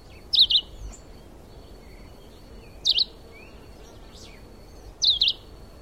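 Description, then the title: Red-eyed vireo singing brief, high, slurred phrases, three in all at roughly two-second intervals, with a thin steady whine and faint chirping behind. Subspecies Vireo olivaceus chivi. "LuckyPassaro Completos2Sama. Red-eyed Vireo (Vireo olivaceus chivi)"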